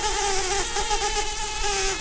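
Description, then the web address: Brown-banded carder bee buzzing: a steady, droning hum with a slightly wavering pitch and an overtone, continuous throughout, over a loud hissing background. Queens. "Humilis queens"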